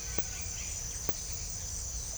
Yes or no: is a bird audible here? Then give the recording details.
no. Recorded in secondary vegetation near Puerto Asís, Putumayo, Colombia, on 21 December 2024 at 08:00. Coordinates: 0.498, -76.327. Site GP07